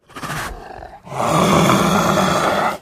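Leopard call: a short, quieter throaty rasp, a brief break, then a longer, louder harsh rasping growl that holds steady before cutting off.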